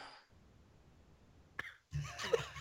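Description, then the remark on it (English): A single sneeze: a quick sharp catch of breath, a brief pause, then a loud, breathy burst that trails off. No one speaks, and a low hum runs underneath. “Bless you.”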